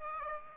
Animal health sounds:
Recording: mosquito wingbeat signal from an infrared sensor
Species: Aedes aegypti

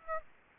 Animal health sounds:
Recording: mosquito wingbeat signal from an infrared sensor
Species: Aedes aegypti

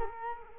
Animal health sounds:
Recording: mosquito wingbeat signal from an infrared sensor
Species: Culex quinquefasciatus

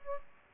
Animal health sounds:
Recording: mosquito wingbeat signal from an infrared sensor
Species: Aedes aegypti

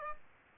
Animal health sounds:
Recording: mosquito wingbeat signal from an infrared sensor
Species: Aedes albopictus

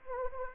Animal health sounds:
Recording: mosquito wingbeat signal from an infrared sensor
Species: Anopheles arabiensis

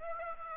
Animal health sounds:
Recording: mosquito wingbeat signal from an infrared sensor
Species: Aedes aegypti

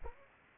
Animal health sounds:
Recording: mosquito wingbeat signal from an infrared sensor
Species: Culex pipiens

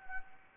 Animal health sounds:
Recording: mosquito wingbeat signal from an infrared sensor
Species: Anopheles gambiae

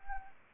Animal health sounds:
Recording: mosquito wingbeat signal from an infrared sensor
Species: Anopheles arabiensis

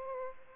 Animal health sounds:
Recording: mosquito wingbeat signal from an infrared sensor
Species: Aedes aegypti

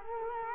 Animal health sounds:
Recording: mosquito wingbeat signal from an infrared sensor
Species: Culex quinquefasciatus

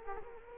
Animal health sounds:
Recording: mosquito wingbeat signal from an infrared sensor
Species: Culex quinquefasciatus

